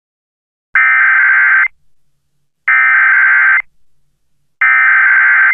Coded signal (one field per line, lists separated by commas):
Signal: Emergency Alert System (SAME) tones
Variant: header bursts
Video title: EAS Mock: Tornado Emergency for Elizabethtown, North Carolina, (not real, it's fake) (1/17/2018)